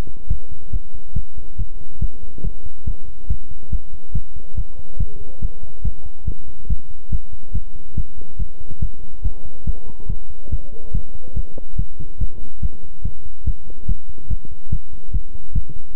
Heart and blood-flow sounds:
heart sounds by stethoscope; between the tricuspid and mitral areas; 142 bpm
0.28 s: heartbeat
0.70 s: heartbeat
1.13 s: heartbeat
1.56 s: heartbeat
1.99 s: heartbeat
2.42 s: heartbeat
2.85 s: heartbeat
3.27 s: heartbeat
3.70 s: heartbeat
4.12 s: heartbeat
4.55 s: heartbeat
4.97 s: heartbeat
5.40 s: heartbeat
5.82 s: heartbeat
6.25 s: heartbeat
6.67 s: heartbeat
7.10 s: heartbeat
7.52 s: heartbeat
7.95 s: heartbeat
8.37 s: heartbeat
8.80 s: heartbeat
9.22 s: heartbeat
9.64 s: heartbeat
10.07 s: heartbeat
10.50 s: heartbeat
10.92 s: heartbeat
11.34 s: heartbeat
11.76 s: heartbeat
12.18 s: heartbeat
12.60 s: heartbeat
13.02 s: heartbeat
13.45 s: heartbeat
13.86 s: heartbeat
14.28 s: heartbeat
14.70 s: heartbeat
15.12 s: heartbeat
15.53 s: heartbeat
15.94 s: heartbeat
From the record:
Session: pedaling a stationary bicycle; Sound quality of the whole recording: good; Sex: male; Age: 24 years

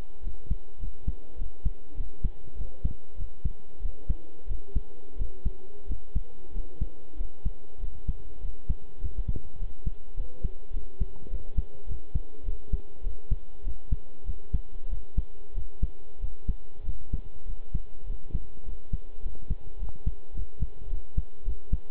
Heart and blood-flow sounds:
heart sounds by stethoscope; between the tricuspid and mitral areas; 99 bpm
0.22 s: heartbeat
0.79 s: heartbeat
1.37 s: heartbeat
1.95 s: heartbeat
2.56 s: heartbeat
3.16 s: heartbeat
3.80 s: heartbeat
4.46 s: heartbeat
5.16 s: heartbeat
5.86 s: heartbeat
6.51 s: heartbeat
7.16 s: heartbeat
7.79 s: heartbeat
8.40 s: heartbeat
8.99 s: heartbeat
9.57 s: heartbeat
10.15 s: heartbeat
10.71 s: heartbeat
11.29 s: heartbeat
11.86 s: heartbeat
12.44 s: heartbeat
13.02 s: heartbeat
13.62 s: heartbeat
14.24 s: heartbeat
14.88 s: heartbeat
15.53 s: heartbeat
16.19 s: heartbeat
16.84 s: heartbeat
17.45 s: heartbeat
18.05 s: heartbeat
18.64 s: heartbeat
19.21 s: heartbeat
19.78 s: heartbeat
20.33 s: heartbeat
20.88 s: heartbeat
21.43 s: heartbeat
From the record:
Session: pedaling a stationary bicycle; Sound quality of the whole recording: good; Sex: male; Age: 23 years

